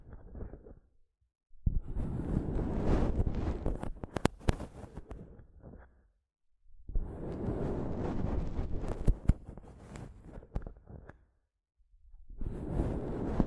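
Mic tapping and scratching comes in three bursts, starting near 2, 7 and 12 seconds, each a dense rough rubbing with sharp clicks popping through, then fading out. Short silent gaps separate them, and the scratching sounds deep and rumbly with crisp crackle on top.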